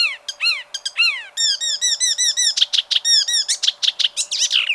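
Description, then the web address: Bird song of downslurred whistles, then a fast run of repeated chevron-shaped notes and many short, sharp notes to the end. "ornitologiya slovar Ptichki"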